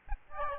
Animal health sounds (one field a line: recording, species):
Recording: mosquito wingbeat signal from an infrared sensor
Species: Aedes albopictus